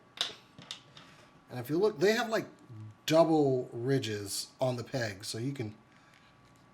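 A double-ridged plastic hand peg on a Power Rangers Lightning Collection Wave 1 action figure is pushed further into the figure's wrist joint, and the second ridge seats fully home with a sharp click at 0.2 s. A few fainter ticks follow before about 1.0 s, then someone talks for the rest of the clip.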